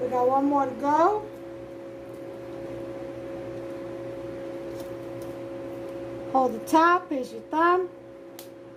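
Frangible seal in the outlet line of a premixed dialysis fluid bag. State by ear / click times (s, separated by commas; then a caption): released / 8.4 s. On the third bag of an NxStage premixed dialysis setup, the plastic frangible seal in the outlet line of a premixed dialysis fluid bag is held at the top, pushed in and then pulled back toward the person. Someone talks over a steady hum, and a short sharp click is heard at 8.4 s. The seal snaps open with its two snaps and the line is released.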